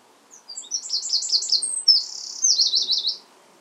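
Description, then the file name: Eurasian wren song, a short vigorous phrase of high, quick trilled notes ending in a rapid trill, with faint background noise. "Troglodytes troglodytes"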